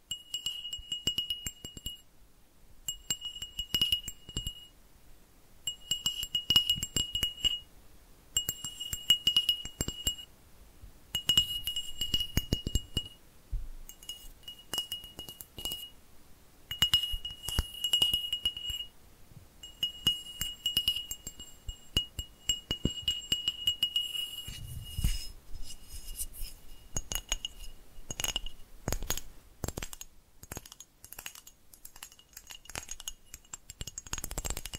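Fast, dense tapping with a glassy, clinking ring, coming in short bursts every second or two with brief gaps between. After about 25 seconds the ringing tone mostly fades, leaving busier dry clicks and a few soft low thumps.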